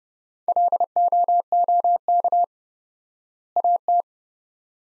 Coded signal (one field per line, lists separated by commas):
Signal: Morse code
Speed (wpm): 30 wpm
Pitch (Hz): 700 Hz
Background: none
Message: LOOK AT